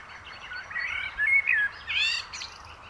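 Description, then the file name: Eurasian blackbird song, soft fluty notes leading into a louder burst of high squeaky twittering. "Turdus merula"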